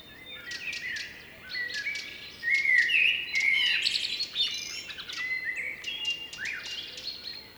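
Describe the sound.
Blackbird song, fluty warbled phrases rising and falling, with high thin chirps and trills.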